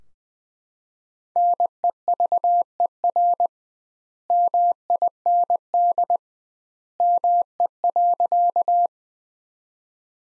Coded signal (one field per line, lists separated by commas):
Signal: Morse code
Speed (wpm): 20 wpm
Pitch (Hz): 700 Hz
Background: none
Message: NEVER MIND ME.